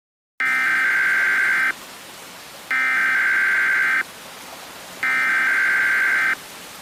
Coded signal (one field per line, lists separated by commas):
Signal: Emergency Alert System (SAME) tones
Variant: header bursts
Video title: EAS Scenario: A Trio of Disasters